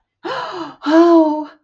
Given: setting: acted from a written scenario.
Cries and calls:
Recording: vocal sound without words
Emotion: elation

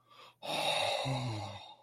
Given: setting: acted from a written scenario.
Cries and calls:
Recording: vocal sound without words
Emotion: awe

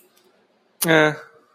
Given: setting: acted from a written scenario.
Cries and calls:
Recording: vocal sound without words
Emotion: neutral

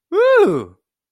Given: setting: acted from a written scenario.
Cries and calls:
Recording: vocal sound without words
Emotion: positive surprise

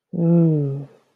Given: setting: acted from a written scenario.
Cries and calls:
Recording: vocal sound without words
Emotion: romantic love

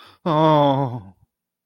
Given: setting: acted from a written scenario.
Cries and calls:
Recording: vocal sound without words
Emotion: distress

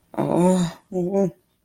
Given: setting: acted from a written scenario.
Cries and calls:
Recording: vocal sound without words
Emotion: fear

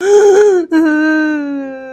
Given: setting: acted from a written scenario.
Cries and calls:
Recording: vocal sound without words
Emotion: sadness

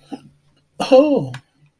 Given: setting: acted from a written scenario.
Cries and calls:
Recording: vocal sound without words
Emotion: embarrassment

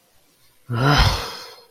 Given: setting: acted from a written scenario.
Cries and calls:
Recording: vocal sound without words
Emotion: anger

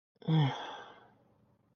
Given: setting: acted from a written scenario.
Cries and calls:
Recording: vocal sound without words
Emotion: disappointment

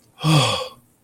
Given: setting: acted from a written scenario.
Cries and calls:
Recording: vocal sound without words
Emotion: romantic love

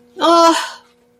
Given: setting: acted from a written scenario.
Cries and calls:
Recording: vocal sound without words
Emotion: disappointment

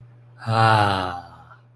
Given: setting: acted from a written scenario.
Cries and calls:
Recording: vocal sound without words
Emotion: contentment

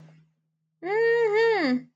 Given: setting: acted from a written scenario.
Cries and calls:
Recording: vocal sound without words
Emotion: triumph

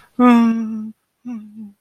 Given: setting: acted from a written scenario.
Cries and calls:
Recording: vocal sound without words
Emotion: fear

